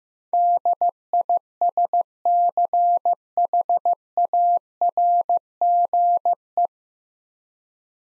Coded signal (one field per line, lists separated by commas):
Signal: Morse code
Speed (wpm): 15 wpm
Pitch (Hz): 700 Hz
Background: none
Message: DISCHARGE